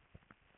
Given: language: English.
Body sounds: throat vibration sensor signal played as sound; swallow

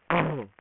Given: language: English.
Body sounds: throat vibration sensor signal played as sound; throat clearing

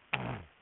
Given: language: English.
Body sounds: throat vibration sensor signal played as sound; throat clearing

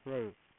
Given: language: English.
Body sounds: throat vibration sensor signal played as sound; speech

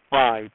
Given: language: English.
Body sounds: throat vibration sensor signal played as sound; speech

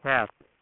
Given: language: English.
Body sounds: throat vibration sensor signal played as sound; speech

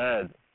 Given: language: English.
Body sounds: throat vibration sensor signal played as sound; speech

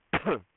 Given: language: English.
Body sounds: throat vibration sensor signal played as sound; cough

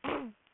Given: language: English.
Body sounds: throat vibration sensor signal played as sound; throat clearing

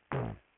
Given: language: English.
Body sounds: throat vibration sensor signal played as sound; throat clearing

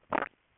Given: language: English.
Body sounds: throat vibration sensor signal played as sound; swallow

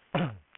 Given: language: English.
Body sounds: throat vibration sensor signal played as sound; cough

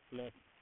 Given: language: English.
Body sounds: throat vibration sensor signal played as sound; speech

